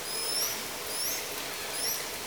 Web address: SRKW call-catalog. Orca Calls Alwin. call S 10